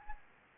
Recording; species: mosquito wingbeat signal from an infrared sensor; Anopheles gambiae